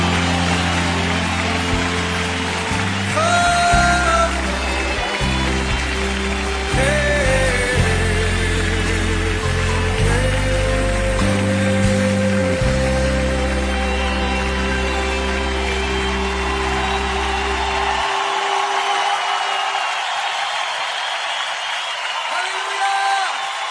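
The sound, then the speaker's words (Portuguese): A crowd claps steadily and loudly over keyboard music with deep sustained bass chords; the music stops near the end while the dense applause carries on. “Miren, si le va a aplaudir, hágalo con todo su corazón, con toda su fuerza.”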